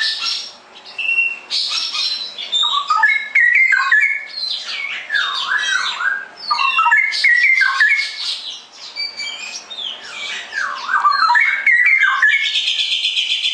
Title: mster Mnuk. Masteran Burung CUCAK ROWO Kualitas Jernih. Cucak Rowo Ropel Gacor